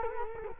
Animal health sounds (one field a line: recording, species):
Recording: mosquito wingbeat signal from an infrared sensor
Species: Culex quinquefasciatus